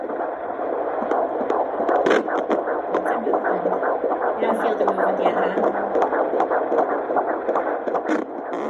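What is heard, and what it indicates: Fetal heartbeat, about 154 beats per minute, heard by handheld Doppler on the mother's abdomen at 16 weeks 2 days of pregnancy, with adults talking over it. The heartbeat is normal; occasional staticky noises are the baby kicking.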